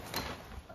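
The push-button spring clicker latch on the telescopic corner leg of a Coleman Instant Up 4 Person Silver Series EVO tent is pressed to drop the corner while packing it down. A short sharp click at 0.2 s is followed by a low rattle as the metal pole section slides down. The latch releases and the leg drops.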